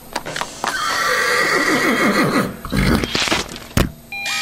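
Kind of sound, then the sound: animal, horse neighing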